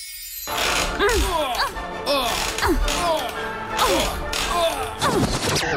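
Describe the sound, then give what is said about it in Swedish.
Creaking of a rocking chair, with repeated squeaky pitch-bending groans, mixed with recordings from a tennis match, sharp thwacks of balls being struck, set to an atmospheric classic tune, recurring steadily at a fairly loud level throughout. “Du har just hört ljud från en knarrande gungstol, ljudupptagningar från en tennismatch, till tonerna av en stämningsfull klassiker.”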